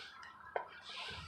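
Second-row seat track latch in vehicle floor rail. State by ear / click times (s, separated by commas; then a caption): seated / 0.6 s. A 2020 Highlander XLE second-row seat is slid along its floor track rail with the release handle and latches into one of several detent positions. A single short, sharp click is heard at 0.6 s over a steady background hiss. The seat track latch seats and locks into position.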